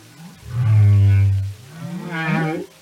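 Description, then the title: Whale giving one long, steady low moan, followed by a higher, wavering tone. "Whale Behavior"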